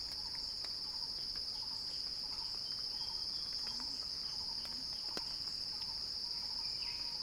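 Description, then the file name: Cicada song, a flat continuous high whine, with scattered soft bird notes, a few clicks and a couple of low chirps. Cicada song building in a crescendo. "earth-fm Axel-Drioli Cicada-Crescendo-Sounding-Wild"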